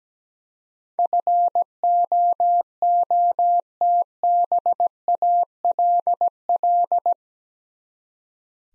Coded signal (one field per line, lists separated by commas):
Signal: Morse code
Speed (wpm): 17 wpm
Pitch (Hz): 700 Hz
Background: none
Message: FOOTBALL